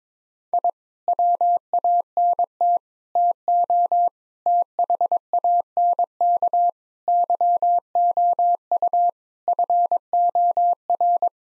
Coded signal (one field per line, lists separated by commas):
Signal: Morse code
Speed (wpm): 22 wpm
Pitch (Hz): 700 Hz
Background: none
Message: I WANT TO THANK YOU FOR